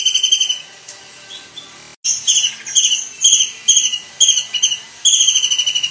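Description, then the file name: Kingfisher giving a high, shrill trill, a pause, then a string of short piercing notes in quick bursts, ending with another rapid pulsing trill. "suara burung tengkek udang"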